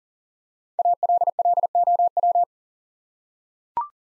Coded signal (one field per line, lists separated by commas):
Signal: Morse code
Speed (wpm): 38 wpm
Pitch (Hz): 700 Hz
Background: none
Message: ALLOW